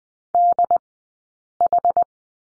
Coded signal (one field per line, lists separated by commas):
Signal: Morse code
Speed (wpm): 20 wpm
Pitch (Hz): 700 Hz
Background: none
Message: DH